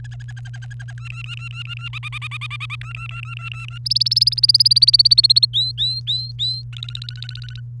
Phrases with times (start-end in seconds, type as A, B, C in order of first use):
0.04-0.93 A, 0.98-1.88 B, 1.93-2.76 C, 2.81-3.78 B, 3.85-5.46 D, 5.53-6.62 E, 6.72-7.60 F